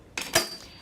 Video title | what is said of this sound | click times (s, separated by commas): Nova® Bariatric Drop-Arm Commode For Sale In Jacksonville, FL | is to pull up the arms and all you have to do is just pull up and you will hear it lock | 0.2 s, 0.4 s